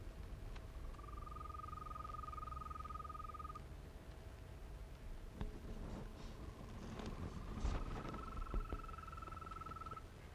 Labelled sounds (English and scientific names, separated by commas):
Green Toad (Bufo viridis) call